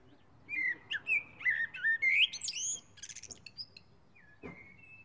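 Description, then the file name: Common blackbird song: a run of mellow fluting whistles rising into scratchy high notes, followed by a quick rapid twitter and a thin fading whistle. "Turdus merula"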